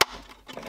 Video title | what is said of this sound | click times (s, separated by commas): Wireless Charging In Your BMW! - F3X & F8X - JD Cars Lightning Console | Now that snapped in, we're going to connect this | 0.0 s